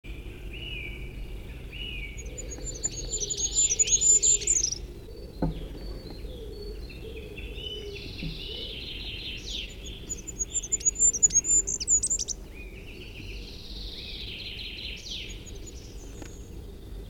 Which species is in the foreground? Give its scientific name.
Regulus regulus